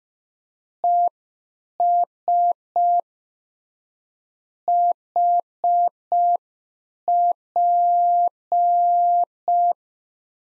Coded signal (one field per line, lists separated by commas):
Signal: Morse code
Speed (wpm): 5 wpm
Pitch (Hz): 700 Hz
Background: none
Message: ES HP